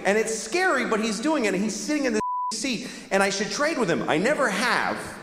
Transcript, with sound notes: And it's scary, but he's doing it, and he's sitting in the (beep) seat, and I should trade with him.
I never have,